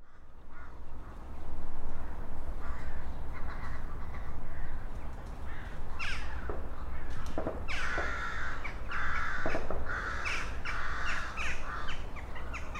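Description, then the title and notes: Rook caws: scattered harsh calls building to a dense burst of loud, grating caws from several birds in the second half, over low background rumble. Rooks over the Oder at Psie Pole, Wrocław (GPS 51.132998, 17.046448), near the city canal opposite the old grain elevator, 17:30; Sony PCM-D50 recorder, Rode NT4 microphone, FEL BMA preamplifier. "Gawrony nad Odrą Lokalizacja: Psie Pole Czas: , 17.30. Nagrane w Poblizu Kanału Miejskiego - na przeciw starego elewatora zbożowego. Gawrony, odległy sygnał pociągu , przejeżdżające rowery. Autor nagrania: Bartosz Grzyb"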